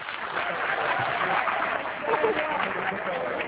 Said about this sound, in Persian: تشویقشون بفرمایید.